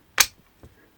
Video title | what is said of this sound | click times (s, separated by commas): Mini NES Build Guide Part 3 | it'll click into place | 0.2 s